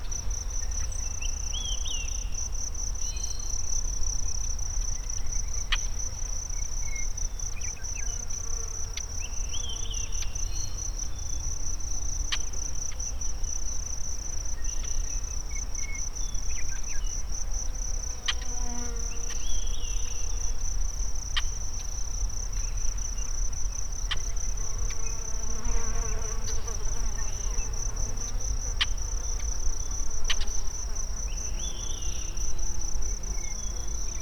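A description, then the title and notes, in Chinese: Birds call in the Sierra Nevada, short bright chirps and trills every few seconds. A steady high insect whine runs through the whole clip over a low, constant rumble, with occasional sharp clicks. 内华达山脉的鸟叫_美国。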